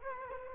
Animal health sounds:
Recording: mosquito wingbeat signal from an infrared sensor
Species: Culex quinquefasciatus

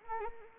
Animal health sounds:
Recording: mosquito wingbeat signal from an infrared sensor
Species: Anopheles arabiensis

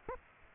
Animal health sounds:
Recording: mosquito wingbeat signal from an infrared sensor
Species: Aedes aegypti

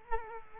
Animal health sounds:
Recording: mosquito wingbeat signal from an infrared sensor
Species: Culex quinquefasciatus

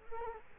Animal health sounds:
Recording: mosquito wingbeat signal from an infrared sensor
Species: Culex quinquefasciatus

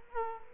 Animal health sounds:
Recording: mosquito wingbeat signal from an infrared sensor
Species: Culex quinquefasciatus

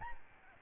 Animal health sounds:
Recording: mosquito wingbeat signal from an infrared sensor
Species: Aedes albopictus

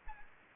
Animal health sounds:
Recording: mosquito wingbeat signal from an infrared sensor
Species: Aedes aegypti

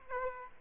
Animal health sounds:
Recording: mosquito wingbeat signal from an infrared sensor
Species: Aedes aegypti

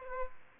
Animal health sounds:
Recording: mosquito wingbeat signal from an infrared sensor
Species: Aedes aegypti

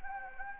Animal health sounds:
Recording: mosquito wingbeat signal from an infrared sensor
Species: Anopheles gambiae

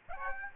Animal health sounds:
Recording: mosquito wingbeat signal from an infrared sensor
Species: Aedes aegypti

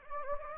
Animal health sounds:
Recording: mosquito wingbeat signal from an infrared sensor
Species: Anopheles gambiae

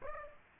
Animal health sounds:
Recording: mosquito wingbeat signal from an infrared sensor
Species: Aedes aegypti

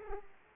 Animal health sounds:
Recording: mosquito wingbeat signal from an infrared sensor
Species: Aedes aegypti

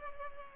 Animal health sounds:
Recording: mosquito wingbeat signal from an infrared sensor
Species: Culex pipiens

